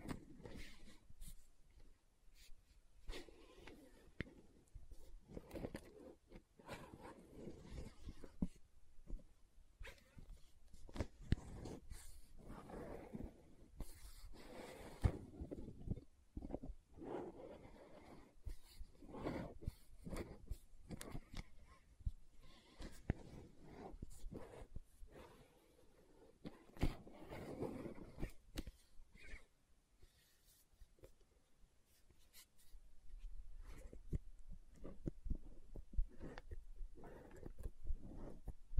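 Lid sounds, bottle tapping and scratching run through the whole recording as a busy, irregular stream of knocks, clicks and rough scrapes. The activity stays dense with short louder bursts throughout, thins briefly near the thirty-second mark, then picks up again.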